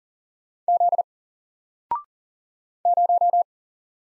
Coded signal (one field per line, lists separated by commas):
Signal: Morse code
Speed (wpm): 38 wpm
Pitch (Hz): 700 Hz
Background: none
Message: Z 0